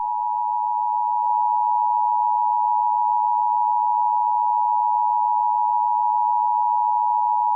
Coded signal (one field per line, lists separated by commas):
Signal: Emergency Alert System (SAME) tones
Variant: 853 and 960 Hz attention tone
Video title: SCP-966 Don't Sleep Emergency Alert System